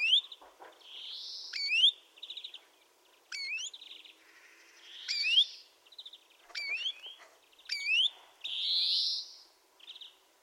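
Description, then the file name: European greenfinch calling with repeated sharp upslurred twitters interspersed with drawn-out nasal wheezes. "Chloris chloris"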